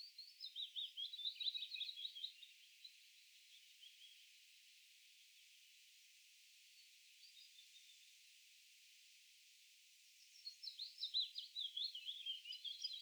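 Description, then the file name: Common chaffinch singing two separate phrases of quick, trilled notes, one at the start and one near the end, with a quiet gap between them. "Fringilla coelebs"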